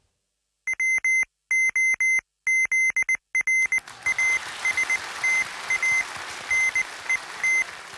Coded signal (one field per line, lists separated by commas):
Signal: Morse code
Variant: Russian alphabet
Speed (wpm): 20 wpm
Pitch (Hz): 2050 Hz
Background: none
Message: ВОЗРАСТА НЕТ